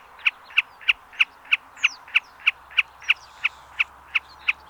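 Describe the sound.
Common snipe uttering a crisp, short call repeated regularly about three times each second, with occasional faint high twittering.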